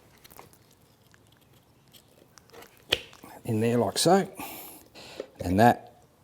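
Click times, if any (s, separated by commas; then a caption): none. The metal keeper/spring clip for a cartridge oil filter is squeezed and pushed toward the bottom of the engine oil filter housing on a Nissan Patrol ZD30, with faint handling taps and one sharp knock around 2.9 s while someone talks. Nothing has seated or clicked in yet; the clip is meant to snap in with one click so it won't fall out and rattle around.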